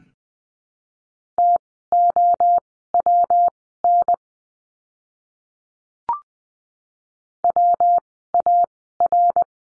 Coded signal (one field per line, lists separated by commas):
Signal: Morse code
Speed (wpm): 20 wpm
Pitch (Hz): 700 Hz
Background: none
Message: TOWN WAR